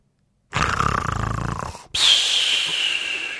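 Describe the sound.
A voice imitates Uncle Julius's snoring for a little boy: one long, rough, rattling snore on the inhale, then a breathy, hissing exhale with a faint whistle, loud and with no talking.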